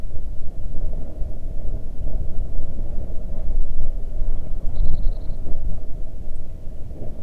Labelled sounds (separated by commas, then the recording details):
songbird
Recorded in the Arctic National Wildlife Refuge, Alaska, on 3 June 2019 at 04:50
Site 37